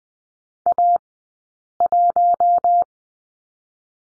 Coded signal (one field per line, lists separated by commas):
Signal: Morse code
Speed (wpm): 20 wpm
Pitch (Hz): 700 Hz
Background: none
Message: A 1